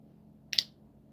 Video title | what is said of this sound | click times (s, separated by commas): Kenman, Dan Kenman is live! | It's got that extra little click when it opens. | 0.5 s